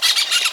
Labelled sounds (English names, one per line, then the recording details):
Brown-throated Parakeet contact call
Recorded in Venezuela
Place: Guárico; Corozopando; Fundo La Fe
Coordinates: 8.506, -67.593